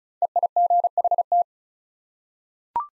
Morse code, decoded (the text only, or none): EIGHT